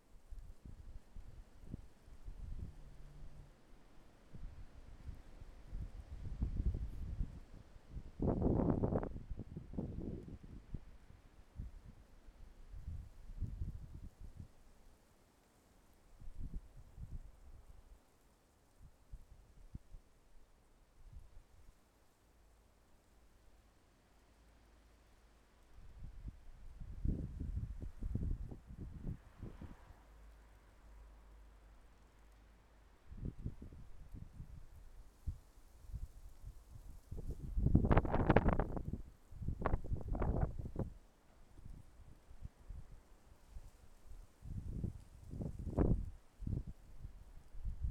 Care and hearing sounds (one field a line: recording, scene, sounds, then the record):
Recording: everyday scene through a hearing-aid microphone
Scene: wind on the microphone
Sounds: wind, traffic, birds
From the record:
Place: suburban garden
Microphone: behind the ear, left, front